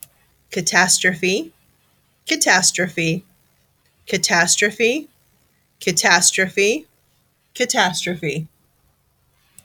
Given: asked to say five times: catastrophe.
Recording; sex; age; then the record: repeated word; female; 40 to 49 years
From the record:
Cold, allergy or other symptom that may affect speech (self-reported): no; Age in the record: 46 years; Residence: Pennsylvania, United States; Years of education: 14